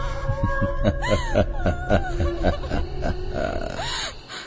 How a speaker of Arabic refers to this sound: كفاية عياط ونواح.